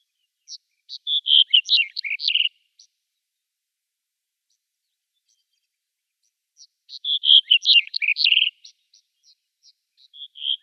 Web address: Schulze Peter Black-headed Bunting song